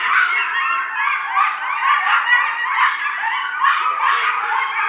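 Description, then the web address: Coyotes in a frenzied chorus of overlapping, quavering yips and sliding howls, steady and unbroken throughout. Howl, recorded 2 November 2007. "Coyote 2007 11 02 howl"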